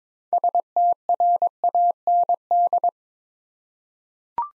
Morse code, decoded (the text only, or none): STRAND